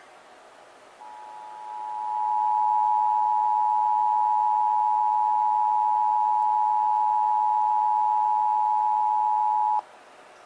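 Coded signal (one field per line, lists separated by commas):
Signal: Emergency Alert System (SAME) tones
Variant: 853 and 960 Hz attention tone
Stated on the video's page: Texas required monthly test as heard on several radio and TV stations, including WBAP, KXAS and WFAA.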